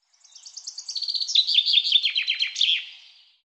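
Common chaffinch song: a high trill of repeated notes running into a descending series and ending in a brief flourish, about three seconds long, with nothing else heard.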